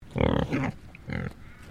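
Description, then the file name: Pig grunting: a deep, rough grunt followed quickly by a shorter one, then a pause and a third low grunt. Tamworth breed, grunting. "ANIMAL PIG TAMWORTH UNKNOWN GRUNT"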